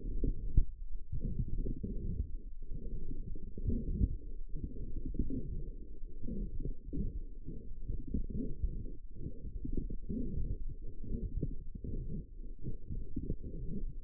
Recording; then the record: forearm muscle sounds (acoustic myography)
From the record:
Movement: forearm pronation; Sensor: system 1, eight BSWA MPA416 microphones around the upper forearm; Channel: 8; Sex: female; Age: 21 years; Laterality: right